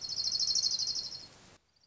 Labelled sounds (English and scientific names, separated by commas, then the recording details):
Orange-crowned Warbler (Leiothlypis celata)
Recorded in Sonoma County, California